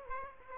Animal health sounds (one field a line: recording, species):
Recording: mosquito wingbeat signal from an infrared sensor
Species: Aedes aegypti